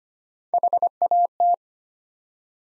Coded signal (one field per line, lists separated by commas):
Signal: Morse code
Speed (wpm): 25 wpm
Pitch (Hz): 700 Hz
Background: none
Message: HAT